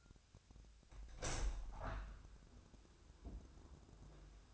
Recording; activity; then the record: daily activity, microphone in the room; open window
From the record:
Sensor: 2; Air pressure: 1006.5 hPa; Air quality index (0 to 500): 195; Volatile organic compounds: 12 ppm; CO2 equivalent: 2374 ppm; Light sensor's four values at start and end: 8/20/8/8 and 8/21/8/9